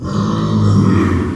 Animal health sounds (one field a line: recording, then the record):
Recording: squeal of a Yucatan mini pig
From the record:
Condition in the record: after surgery on the right vocal fold (resection and tissue-engineered implant)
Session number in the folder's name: 12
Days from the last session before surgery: 105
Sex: female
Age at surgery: 19 weeks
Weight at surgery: 25 kg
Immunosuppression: prednisolone